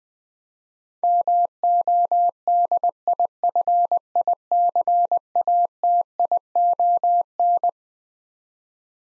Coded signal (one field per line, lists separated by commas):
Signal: Morse code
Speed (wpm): 20 wpm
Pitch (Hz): 700 Hz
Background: none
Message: MODIFICATION